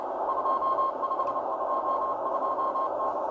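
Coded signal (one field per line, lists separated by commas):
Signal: Morse code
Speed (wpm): 29 wpm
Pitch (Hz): 1070 Hz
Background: radio noise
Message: 2522T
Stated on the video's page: Russian M12 Morse spy numbers station received on Tecsun H-501X, Tecsun PL-330 and SDRplay RSPdx via MLA 30 loop and multicoupler.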